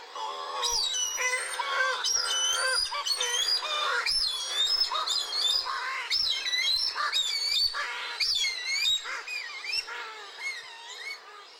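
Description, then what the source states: Streaked shearwaters calling as a group, a dense mix of high, wavering squeals and chattering notes that overlap and pour out rapidly. A bunch of streaked shearwaters on an island in Japan.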